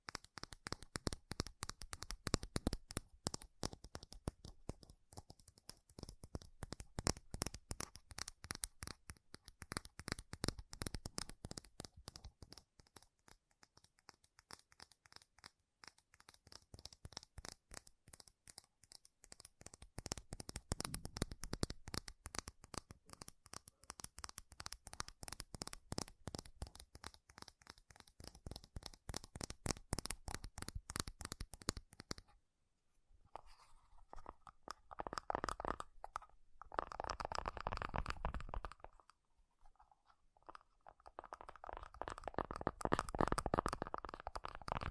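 Rapid, relentless tapping on metal in a dense, fast stream of sharp clicks, turning sparser and more ringing after about thirty-two seconds.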